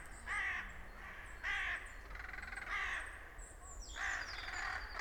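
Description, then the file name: Ravens giving harsh, hoarse caws, a few rasping calls spaced roughly a second apart. Ravens attacking a buzzard, a bird of prey; field recording. "Ravens Attack Busshard Raptor Field Recording"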